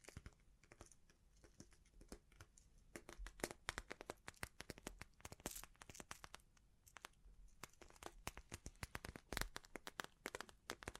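Bling bling triggers: a dense, irregular stream of sharp clicks and taps running the full length, like small hard objects knocking and clattering together. Some hits are louder and brighter, with busier bursts around three to four seconds and near nine seconds, over faint crinkling.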